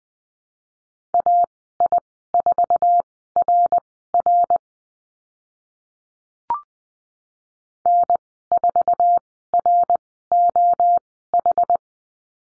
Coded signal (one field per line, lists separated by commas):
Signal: Morse code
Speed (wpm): 20 wpm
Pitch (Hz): 700 Hz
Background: none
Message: AI4RR N4ROH